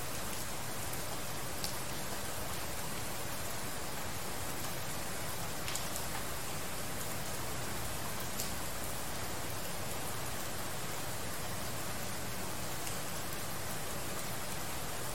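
Heavy rain falls steadily throughout, a dense, even hiss that fills everything from low rumble to bright sizzle. The level barely changes over the fifteen seconds, with only a few faint sharper drop hits around two, six and eight seconds.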